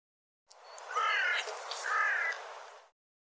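Bird calling twice with rough, grating caws.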